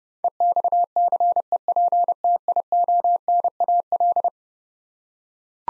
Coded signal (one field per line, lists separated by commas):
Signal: Morse code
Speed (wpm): 32 wpm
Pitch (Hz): 700 Hz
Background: none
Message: EXCEPTIONAL